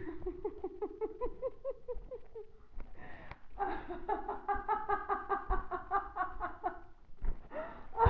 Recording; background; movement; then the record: laughter; quiet; walking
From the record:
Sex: female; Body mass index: 21.8 kg/m2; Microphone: on the chest, facing the body